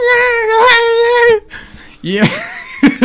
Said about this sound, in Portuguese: Por acaso, olha, existe uma cena no teu escolar de Kevin que é de uma pessoa se atirar ao chão a rir, que é basicamente a Tilda Swinton, que anda a passear o bebê e o bebê está sempre a chorar e não sei quantos mais.